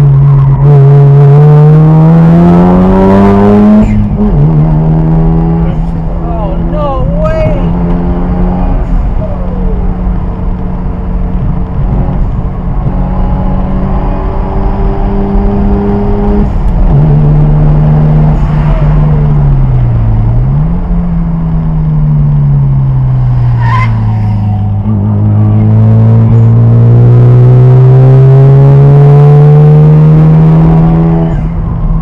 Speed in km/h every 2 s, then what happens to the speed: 76, 100, 109, 119, 121, 119, 127, 132, 137, 130, 97, 68, 76, 89, 101, 108.
0-16 speeds up to 137. 16-22 brakes to 68. 23-29 speeds up to 108.